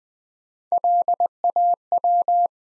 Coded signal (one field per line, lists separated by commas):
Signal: Morse code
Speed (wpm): 20 wpm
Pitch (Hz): 700 Hz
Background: none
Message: LAW